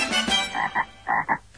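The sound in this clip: Edible frog croaking in short pulsed bursts, four quick rattling croaks spaced over about a second.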